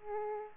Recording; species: mosquito wingbeat signal from an infrared sensor; Aedes aegypti